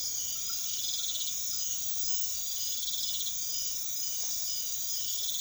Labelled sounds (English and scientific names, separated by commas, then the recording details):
none
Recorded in secondary vegetation near Puerto Asís, Putumayo, Colombia, on 28 February 2025 at 01:00
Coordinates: 0.500, -76.326
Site GP04